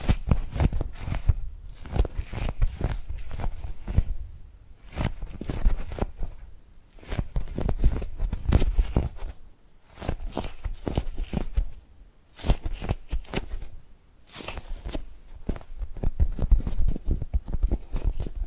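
Tapping and gripping sounds come in quick clusters of sharp taps and rubbing, mostly low and thudding with brighter clicks on top. Bursts of activity last a second or two, separated by brief near-silent pauses, with an irregular rhythm throughout the eighteen seconds.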